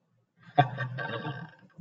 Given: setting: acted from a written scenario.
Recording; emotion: vocal sound without words; triumph